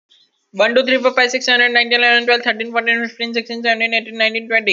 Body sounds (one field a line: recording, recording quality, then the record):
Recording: counting at a fast pace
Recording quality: excellent, no background noise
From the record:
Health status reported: healthy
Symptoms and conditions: none ticked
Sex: male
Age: 21 years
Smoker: not ticked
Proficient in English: yes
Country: India